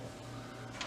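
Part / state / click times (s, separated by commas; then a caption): drum tray into laser printer body / seated / 0.8 s. The drum tray drawer holding a new toner cartridge is pushed closed into the body of a Brother MFC-L8600 laser printer until it latches. A steady low hum runs throughout, and a single soft click at 0.8 s marks the tray seating into place.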